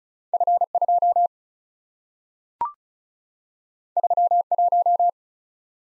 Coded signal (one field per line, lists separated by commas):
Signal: Morse code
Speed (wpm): 36 wpm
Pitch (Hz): 700 Hz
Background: none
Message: F2 31